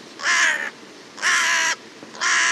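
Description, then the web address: Bird giving three loud, hoarse caws about a second apart, each rough and buzzy, against a quiet background. "cianscape. Deverinetal 2025. Bird Only"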